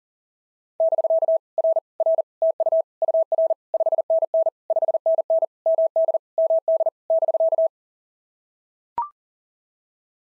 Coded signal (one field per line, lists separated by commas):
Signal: Morse code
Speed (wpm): 39 wpm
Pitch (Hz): 660 Hz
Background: none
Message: <BK> R R TU UR 5NN 5NN MD MD <BK>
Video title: POTA QSO Practice - 40wpm